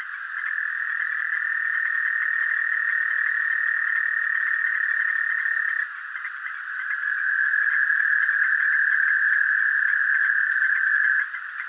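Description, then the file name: Dark green toad trill: a long continuous buzzy trill at steady pitch, a brief drop, then another slightly shorter sustained trill. Recorded 6 August 2014. "Bufonidae Incilius melanochlorus 140806"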